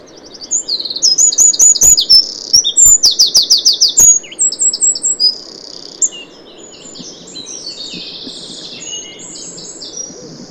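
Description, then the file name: Eurasian wren song: rapid high notes and fast ticking trills for about four seconds, then a quieter jumble of high twittering phrases. "Troglodytes troglodytes"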